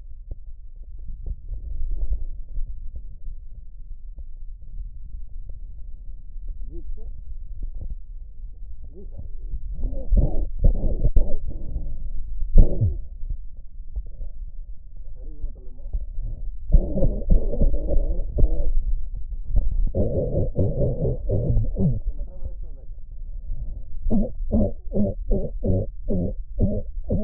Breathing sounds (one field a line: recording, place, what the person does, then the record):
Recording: lung sounds by stethoscope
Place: right posterior apical chest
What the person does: quiet breathing, then cough and speech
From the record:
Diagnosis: pulmonary infection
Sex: male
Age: 74 years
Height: 171 cm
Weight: 80 kg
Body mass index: 27.4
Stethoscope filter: extended mode